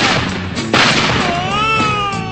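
A sharp gunshot cracks out of a dense, noisy backdrop, followed by a long, whining tone that bends downward and then rises, like a ricochet. No one speaks.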